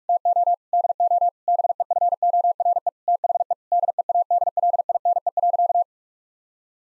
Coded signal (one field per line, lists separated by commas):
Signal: Morse code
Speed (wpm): 46 wpm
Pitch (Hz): 700 Hz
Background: none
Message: TO DO BEFORE THE DEADLINE.